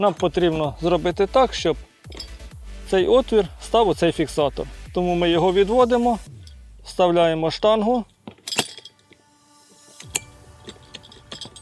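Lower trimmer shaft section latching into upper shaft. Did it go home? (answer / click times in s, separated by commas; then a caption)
yes / 10.2 s. On a Grand ATG-21 2-in-1 cordless grass trimmer, someone pulls back the spring latch on the upper shaft and pushes the lower shaft section in while talking over music. The latch snaps into the hole in the lower shaft with a sharp click at 10.2 s. The shaft is seated, so the two sections are held firmly and cannot rotate against each other.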